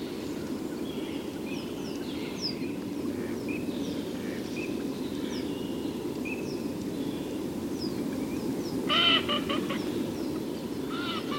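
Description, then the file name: Eurasian teal calling: many short high chirping notes scattered throughout, then a loud harsh rapid call series near the end, over constant low rushing noise. "Kricka"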